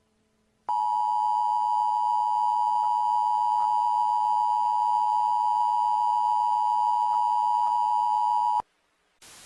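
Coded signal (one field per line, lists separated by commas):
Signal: Emergency Alert System (SAME) tones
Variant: 853 and 960 Hz attention tone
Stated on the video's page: Fictional EAS scenario.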